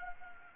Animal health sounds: mosquito wingbeat signal from an infrared sensor; Anopheles gambiae

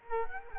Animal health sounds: mosquito wingbeat signal from an infrared sensor; Culex quinquefasciatus

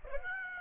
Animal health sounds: mosquito wingbeat signal from an infrared sensor; Aedes aegypti

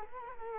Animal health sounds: mosquito wingbeat signal from an infrared sensor; Culex quinquefasciatus

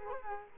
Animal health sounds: mosquito wingbeat signal from an infrared sensor; Culex quinquefasciatus

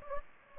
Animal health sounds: mosquito wingbeat signal from an infrared sensor; Aedes aegypti

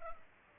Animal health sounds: mosquito wingbeat signal from an infrared sensor; Culex pipiens

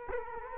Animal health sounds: mosquito wingbeat signal from an infrared sensor; Culex quinquefasciatus

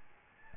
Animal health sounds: mosquito wingbeat signal from an infrared sensor; Aedes albopictus

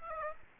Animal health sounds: mosquito wingbeat signal from an infrared sensor; Aedes aegypti

